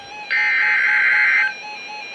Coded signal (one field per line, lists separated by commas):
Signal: Emergency Alert System (SAME) tones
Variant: header bursts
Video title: NOAA Weather Radio EAS #360: Severe Thunderstorm Warning (Read by Paul!)